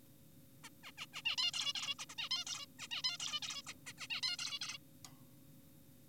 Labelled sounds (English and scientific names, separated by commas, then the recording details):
Zebra Finch (Taeniopygia guttata)
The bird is an adult
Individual g4p5U